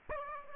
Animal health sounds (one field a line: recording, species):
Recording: mosquito wingbeat signal from an infrared sensor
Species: Aedes aegypti